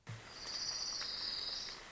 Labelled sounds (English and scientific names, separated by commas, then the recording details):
Orange-crowned Warbler (Leiothlypis celata)
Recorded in Sonoma County, California